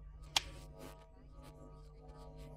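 A snap-on plastic/metal presser foot is pushed onto the presser foot holder of a Gritzner 788 overlock machine (serger); the first time, the foot or holder may need to be pressed a little. A single sharp snap at 0.4 s stands out over a quiet, steady background hum, and the foot is seated on the holder.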